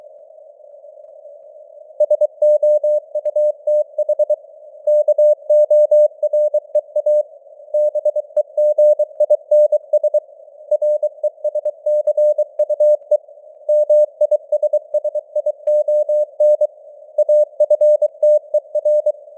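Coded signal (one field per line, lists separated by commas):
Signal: Morse code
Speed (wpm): 23 wpm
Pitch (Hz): 600 Hz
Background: none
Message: SOUTH KOREA BEGINS RESCUE MISSION AFTER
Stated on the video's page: Morse code news headlines at 23 wpm with simulated radio noise and varying signal strength (QSB).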